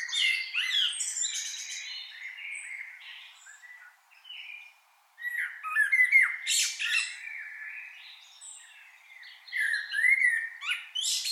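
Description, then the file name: Common blackbird calls: harsh, squawky chattering notes mixed with warbled phrases, a quiet gap near four seconds, then louder scratchy bursts resuming. "Turdus merula"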